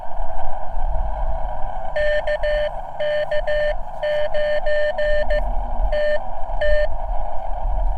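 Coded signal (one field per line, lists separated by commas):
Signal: Morse code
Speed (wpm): 15 wpm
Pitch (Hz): 600 Hz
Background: none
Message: KK9TT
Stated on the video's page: CW park activation on a cheap uSDX+ transceiver, which picked up nearby signals badly and occasionally squealed.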